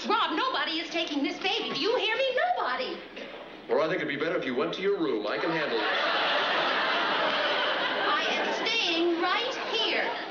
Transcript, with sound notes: Rob, nobody is taking this baby. Do you hear me? Nobody.
Laura, I think it'd be better if you went to your room. I can handle it.
(LAUGHTER) I am staying right here.